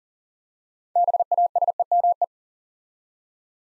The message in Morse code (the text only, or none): BASEME